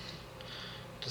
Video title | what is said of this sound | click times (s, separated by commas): ELEANOR Mustang from FANHOME: Recap and Pack 21 (Completing and Installing the Engine) | but it will click in | 1.0 s